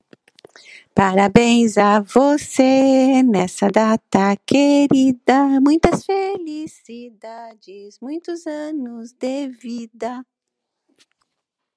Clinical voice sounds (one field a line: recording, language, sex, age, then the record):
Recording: short text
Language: Brazilian Portuguese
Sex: female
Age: 50 to 59 years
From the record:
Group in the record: control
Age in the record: 59 years